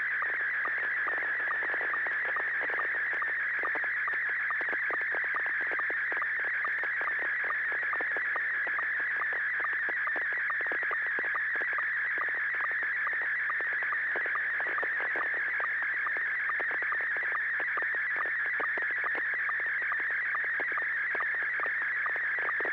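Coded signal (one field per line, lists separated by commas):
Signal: SSTV (slow-scan television)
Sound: continuous warbling tone with a rhythmic low chirp about twice a second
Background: low hum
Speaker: Image looks good. And definitely a train.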